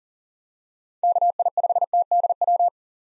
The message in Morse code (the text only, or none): KI5TDW